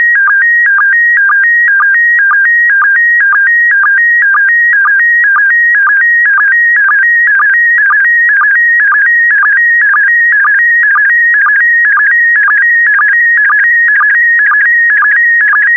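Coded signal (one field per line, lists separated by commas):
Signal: SSTV (slow-scan television)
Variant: PD120 mode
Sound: steady warbling tones alternating between two pitches, with rapid regular low blips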